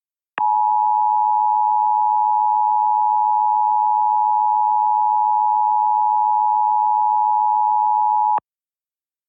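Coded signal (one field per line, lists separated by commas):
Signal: Emergency Alert System (SAME) tones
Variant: 853 and 960 Hz attention tone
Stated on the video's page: Simulated wildfire EAS scenario.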